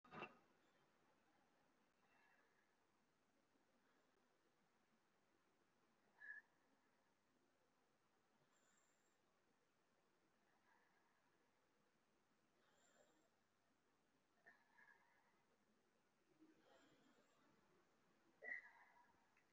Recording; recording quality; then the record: deep breathing; moderate, slight background noise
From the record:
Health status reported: recovered from COVID-19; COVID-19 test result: positive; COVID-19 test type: RT-PCR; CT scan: taken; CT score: 2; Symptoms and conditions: cough, cold, breathing difficulty, sore throat, fatigue, muscle pain, asthma, another respiratory illness, hypertension, diabetes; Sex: female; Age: 49 years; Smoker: no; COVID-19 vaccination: both doses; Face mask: worn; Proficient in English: no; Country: India